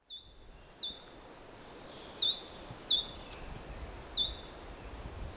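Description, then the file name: Great tit giving rapid two-note calls, a high note then a looping descending whistle, repeated several times against quiet background noise. "Parus major"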